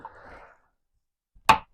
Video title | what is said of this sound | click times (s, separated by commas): Thetford C200 Cassette Refurbishment | then just going to line up these holes with the Tang so that it will snap in place fairly straightforward | 1.5 s